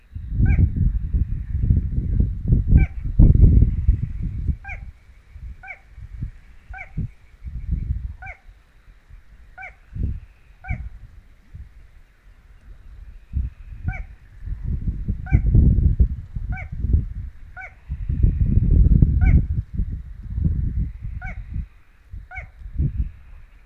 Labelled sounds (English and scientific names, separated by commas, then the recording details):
Little Crake (Porzana parva) song
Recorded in the wild
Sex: male
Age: adult
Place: Kützerhof, Kummerower See, Mecklenburg-Vorpommern, DE
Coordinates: 53.8556, 12.8639
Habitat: wetland
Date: 2010-06-08
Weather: 15°C, weak westerly winds
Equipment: Sound Devices 702, Sennheiser MKH 70, Rycote Windschutz
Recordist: Frommolt, Karl-Heinz
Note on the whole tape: Polder Kleine Rosin: Gesang eines Kleinen Sumpfhuhnes. Entfernung 20 m. Qualität gut, aber z.T. mit Windpoltern. Aufnahme ohne Hochpassfilter